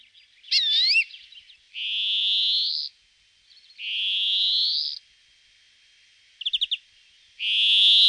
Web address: aktionen gruenfink